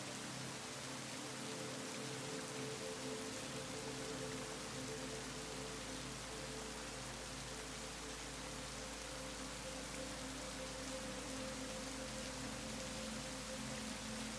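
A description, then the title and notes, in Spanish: Steady, dense rain hisses evenly across the whole clip with no pauses or swells. Beneath it, soft sustained musical tones hold low pitched notes, gently shifting, while a deep low hum fills in after the first few seconds. Mezcla Perfecta de LLUVIA y MÚSICA. Sonidos de lluvia natural y suaves melodías musicales.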